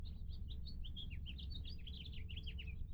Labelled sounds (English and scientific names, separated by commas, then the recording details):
House Finch (Haemorhous mexicanus) song
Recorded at Hewlett Harbor on Long Island, New York, on 10 June 1975
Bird D